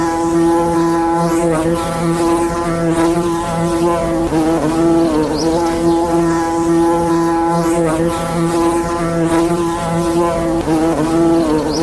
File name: Ape (Apis mellifera)